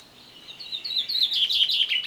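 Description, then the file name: Common chaffinch, the opening of a song: high notes quickening into a rapid, slightly descending rattle, cut off before the end. "Fringilla coelebs"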